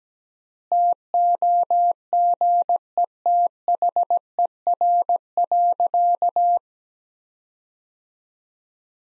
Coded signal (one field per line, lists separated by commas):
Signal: Morse code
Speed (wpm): 17 wpm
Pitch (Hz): 700 Hz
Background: none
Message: TOGETHER.